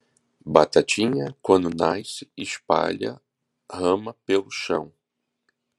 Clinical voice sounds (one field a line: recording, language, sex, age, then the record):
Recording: short text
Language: Brazilian Portuguese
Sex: male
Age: 50 to 59 years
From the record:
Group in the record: control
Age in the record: 50 years